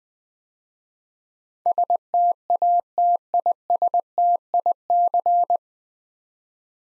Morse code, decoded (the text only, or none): STATISTIC